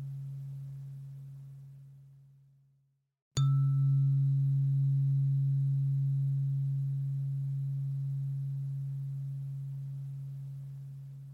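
A low, pure 128 Hz tone hums steadily, fading over the first three seconds before dropping to silence. Near 3.3 seconds a sharp strike brings it back loud, with a brief ringing overtone, then the single low tone sustains and slowly fades to the end.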